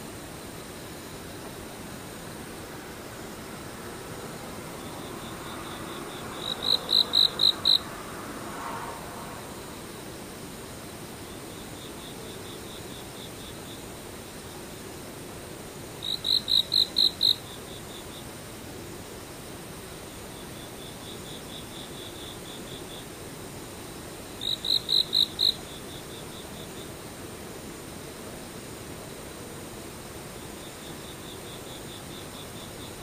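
Insects keep up a steady, high, thin chirring throughout. Three times, at about 7, 16 and 25 seconds, a louder burst of quick, sharp pulses rings out for a second or so. A soft low rumble sits underneath, with a faint passing swell around 8 seconds.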